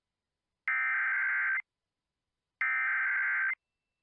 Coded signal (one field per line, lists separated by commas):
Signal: Emergency Alert System (SAME) tones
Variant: header bursts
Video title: EAS 2x Civil Emergency Message Southeastern Minnesota (Dodge Center, Minnesota)